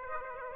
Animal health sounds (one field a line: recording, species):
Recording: mosquito wingbeat signal from an infrared sensor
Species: Aedes aegypti